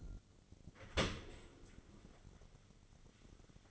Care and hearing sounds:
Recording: daily activity, microphone in the room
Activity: open dishwasher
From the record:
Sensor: 4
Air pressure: 1003.9 hPa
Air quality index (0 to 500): 154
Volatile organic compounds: 2 ppm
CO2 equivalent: 1100 ppm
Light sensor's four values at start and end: 27/65/27/29 and 26/64/27/29

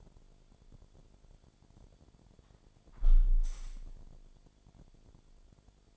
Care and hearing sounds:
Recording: daily activity, microphone in the room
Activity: close window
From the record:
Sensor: 5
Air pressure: 1006.5 hPa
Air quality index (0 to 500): 183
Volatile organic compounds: 5 ppm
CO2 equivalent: 1745 ppm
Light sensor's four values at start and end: 56/161/62/63 and 56/160/62/63

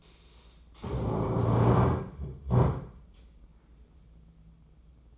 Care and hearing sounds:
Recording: daily activity, microphone in the room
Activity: stand up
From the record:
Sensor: 1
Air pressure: 996.0 hPa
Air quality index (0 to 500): 235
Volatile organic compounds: 1000 ppm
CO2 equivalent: 6846 ppm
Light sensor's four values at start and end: 34/85/36/44 and 33/82/35/42

